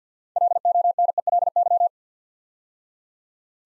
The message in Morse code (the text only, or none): LONELY